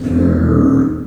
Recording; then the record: squeal of a Yucatan mini pig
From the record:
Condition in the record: after surgery on the right vocal fold (resection and tissue-engineered implant); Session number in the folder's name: 7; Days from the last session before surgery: 47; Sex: female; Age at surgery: 19 weeks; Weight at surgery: 25 kg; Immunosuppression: prednisolone